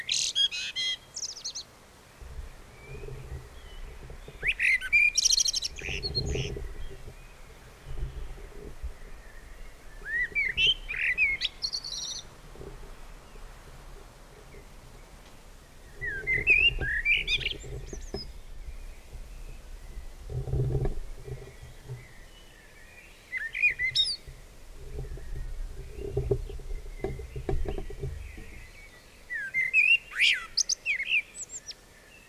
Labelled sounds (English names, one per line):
Common Blackbird song